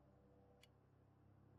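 A new wiper blade is pushed onto the wiper arm of a BMW F30, the same way the old one was removed. It gives a single short, bright snap at 0.6 s over a steady low hum, and the blade is seated on the arm. Someone talks.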